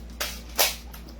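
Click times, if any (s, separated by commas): 0.2 s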